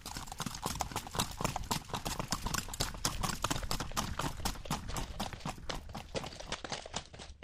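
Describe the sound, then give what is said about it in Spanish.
Steady, rapid hoofbeats of Linda, a criollo mare with a trot-and-gallop gait, trotting on an unpaved dirt road in Tabio, a continuous even rhythm of sharp clip-clop strikes over a low rumbling undertone throughout, with no voices. “su andar es trotona galopera. Esta yegua se llama Linda, yo creo que es hija de ese caballo caporal de Dimensiones Masí, en una hija de yo creo que los caminos destapados son los adecuados para los caballos criollos.”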